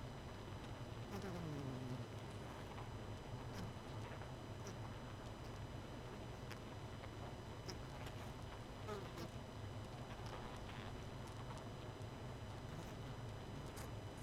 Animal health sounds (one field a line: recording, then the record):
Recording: honeybee colony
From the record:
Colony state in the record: missing queen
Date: 31 May 2018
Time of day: 22:55